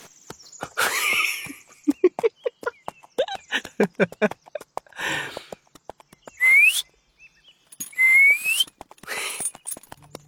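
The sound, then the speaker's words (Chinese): A person whistles twice to call back a black horse named Xiaohei, each a short, loud note sliding upward in pitch, after a stretch of rapid, irregular clopping and clicking sounds. “小黑正要跑起来，…吹了声口哨，小黑立马回头乖乖走到他身边。”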